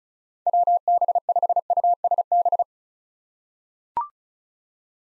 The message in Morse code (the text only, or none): WB5USB